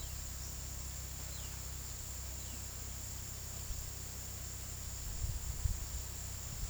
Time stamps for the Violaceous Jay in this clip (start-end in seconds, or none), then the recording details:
1.31-1.54, 2.37-2.63. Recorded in pastures near Puerto Asís, Putumayo, Colombia, on 20 February 2024 at 17:00. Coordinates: 0.486, -76.323. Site G6462